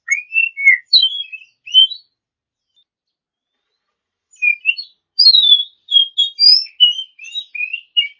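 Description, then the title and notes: Oriental magpie-robin whistling a short varied phrase, a silent gap of about two seconds, then a long lively run of clear, changing notes. A champion bird. "Kicau Burung Kacer Juara. Suara Kicauan Burung Kacer Juara"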